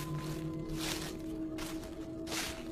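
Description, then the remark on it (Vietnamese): Three slow, evenly spaced human footsteps crunch through dry leaves in a yard, each a brief rustling crackle over a low, steady droning hum. “Ông cảm giác như là có ai đó đang bước đi, dẫm lên những cái lá khô vụn.”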